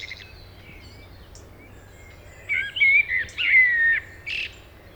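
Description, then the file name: Common blackbird singing one phrase after a quiet stretch: several mellow whistled notes sliding and wavering, followed by a short high twitter, over faint steady background noise. "Turdus merula"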